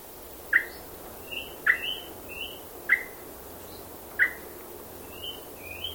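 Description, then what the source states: Bird chirps, four sharp falling notes, with softer short higher notes between and after them over a faint low hum. Chirping in a swamp.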